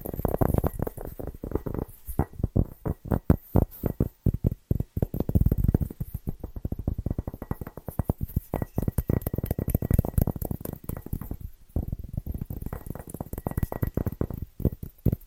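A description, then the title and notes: Fast, dense tapping runs throughout in quick irregular bursts, mostly low and thumpy, with brief pauses near two and twelve seconds. ASMR Fast & Rhythmic Tapping Christmas Edition No Talking.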